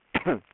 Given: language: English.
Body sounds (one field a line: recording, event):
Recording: throat vibration sensor signal played as sound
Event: cough